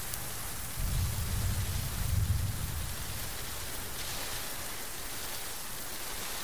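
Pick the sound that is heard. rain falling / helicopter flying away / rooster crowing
rain falling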